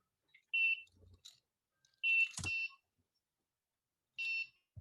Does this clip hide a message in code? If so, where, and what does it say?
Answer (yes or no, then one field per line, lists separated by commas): no